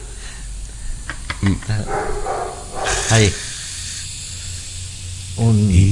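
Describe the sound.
A steady, airy hiss of a flat tire losing air runs through the whole stretch, with short bursts of people talking over it.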